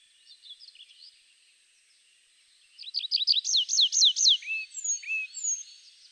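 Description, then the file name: Tree pipit song: faint chirps, a pause, then a series of loud, high, down-slurred notes followed by a few thin descending whistles. "Pipit des arbres"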